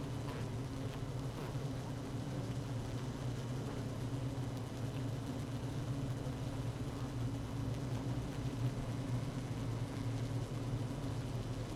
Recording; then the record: honeybee colony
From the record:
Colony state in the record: active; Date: 12 June 2018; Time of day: 16:59